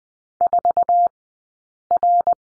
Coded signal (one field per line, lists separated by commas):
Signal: Morse code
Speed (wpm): 20 wpm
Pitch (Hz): 700 Hz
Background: none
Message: 4R